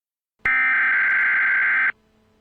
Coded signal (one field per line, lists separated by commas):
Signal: Emergency Alert System (SAME) tones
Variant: header bursts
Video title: Z25 Virus EAS Scenario